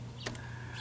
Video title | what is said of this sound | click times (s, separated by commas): How to Remove Hard Wired Smoke Alarm Made Easy | if I press this this should snap off see and then | 0.3 s